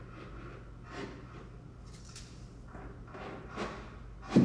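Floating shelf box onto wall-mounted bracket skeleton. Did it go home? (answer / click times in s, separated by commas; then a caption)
no / none. A hollow plywood and pine floating shelf box is slid over its wall-mounted bracket skeleton, with soft scraping and rubbing and a brief sharper sound near 2.2 seconds. A louder burst rises at the very end as the shelf is pushed on. Nothing has seated yet; the clip ends just before the shelf goes home on the bracket.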